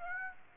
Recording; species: mosquito wingbeat signal from an infrared sensor; Aedes aegypti